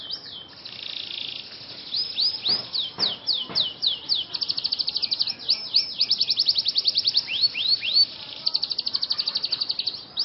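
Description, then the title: Scotch Fancy canary song, a buzzy opening, then swooping notes building into long fast trills, with a few faint clicks early on. Scotch Fancy canary song with cengkok (ornamented song variations), singing vigorously (gacor). "Cengkok Kenari Mewah. KENARI SCOTCH FANCY GACOR CENGKOK MEWAH"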